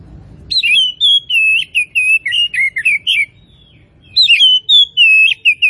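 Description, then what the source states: Oriental magpie-robin singing a rapid string of sweet whistled notes and trills, pausing briefly before resuming with clear rising and falling whistles. Kacer from Tretes; described as gacor, singing actively and persistently.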